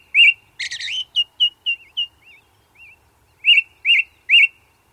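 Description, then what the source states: Ring ouzel singing, a loud note, a scratchy burst, then a string of clear piping notes, ending in three loud repeated fluty notes. Ring ouzel singing, with song of a second bird.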